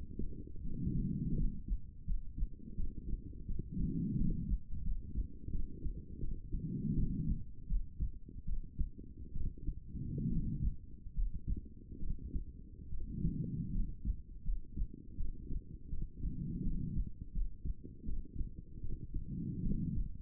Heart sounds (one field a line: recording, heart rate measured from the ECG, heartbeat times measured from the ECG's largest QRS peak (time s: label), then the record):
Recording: heart sounds by stethoscope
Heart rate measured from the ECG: 79 bpm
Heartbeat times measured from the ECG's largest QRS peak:
0.61 s: heartbeat
1.35 s: heartbeat
2.05 s: heartbeat
2.75 s: heartbeat
3.45 s: heartbeat
4.16 s: heartbeat
4.82 s: heartbeat
5.50 s: heartbeat
6.19 s: heartbeat
6.93 s: heartbeat
7.66 s: heartbeat
8.44 s: heartbeat
9.31 s: heartbeat
10.27 s: heartbeat
11.13 s: heartbeat
11.98 s: heartbeat
12.88 s: heartbeat
13.70 s: heartbeat
14.42 s: heartbeat
15.15 s: heartbeat
15.88 s: heartbeat
16.62 s: heartbeat
17.31 s: heartbeat
18.04 s: heartbeat
18.80 s: heartbeat
19.61 s: heartbeat
From the record:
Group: healthy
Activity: rest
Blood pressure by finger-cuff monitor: 117/77 mmHg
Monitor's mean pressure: 92 mmHg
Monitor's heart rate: 81 bpm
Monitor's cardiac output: 7 L/min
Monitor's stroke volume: 84 mL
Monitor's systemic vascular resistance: 960 dyn s/cm5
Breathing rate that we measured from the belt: 19 breaths a minute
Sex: female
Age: 23 years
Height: 160 cm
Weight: 50.4 kg